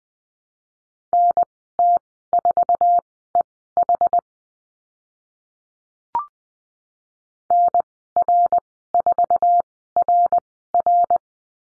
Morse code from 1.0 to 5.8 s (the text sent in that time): NT4EH